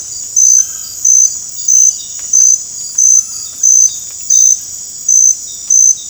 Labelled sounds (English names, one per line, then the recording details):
none
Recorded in dense forest near Puerto Asís, Putumayo, Colombia, on 22 December 2024 at 21:30
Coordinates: 0.481, -76.323
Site G100